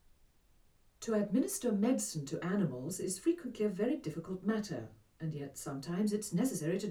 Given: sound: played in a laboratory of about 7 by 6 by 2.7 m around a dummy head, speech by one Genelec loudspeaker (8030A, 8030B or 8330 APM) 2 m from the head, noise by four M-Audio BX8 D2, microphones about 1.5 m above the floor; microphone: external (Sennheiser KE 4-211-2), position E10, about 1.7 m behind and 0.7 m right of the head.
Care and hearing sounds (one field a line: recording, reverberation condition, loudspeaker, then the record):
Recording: female speech in English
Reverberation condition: low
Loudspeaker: in front (0 degrees)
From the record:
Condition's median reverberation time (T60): about 310 ms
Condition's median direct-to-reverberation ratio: about 3.5 dB